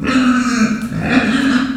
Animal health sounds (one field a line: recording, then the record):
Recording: squeal of a Yucatan mini pig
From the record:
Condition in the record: after surgery on the right vocal fold (resection and tissue-engineered implant)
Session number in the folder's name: 6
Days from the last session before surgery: 40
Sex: female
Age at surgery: 19 weeks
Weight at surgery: 25 kg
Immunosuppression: prednisolone